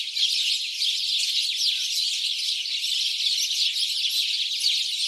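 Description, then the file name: House sparrow chirping, a thick, steady chorus of rapid overlapping notes with no clear gaps. "Passer domesticus"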